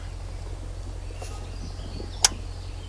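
A torque wrench, held at the end of its handle, tightens a gearbox bolt against a steady low hum. At 2.2 s the wrench gives a single sharp click at its set torque, and it is stopped after just that one click.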